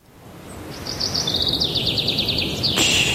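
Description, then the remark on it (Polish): Small birds sing at an exhibition in the National Museum in Warsaw, in quick, high-pitched trills, a rapid run of bright repeated chirps that rises and quickens before a brief sharp note, over a steady low rumble of background noise. “Spłoszysz ptaszki. Śpiewają w Muzeum Narodowym w Warszawie na wystawie Józef Chełmoński.”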